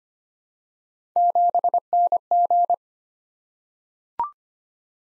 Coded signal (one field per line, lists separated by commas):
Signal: Morse code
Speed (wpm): 25 wpm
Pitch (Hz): 700 Hz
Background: none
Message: 7NG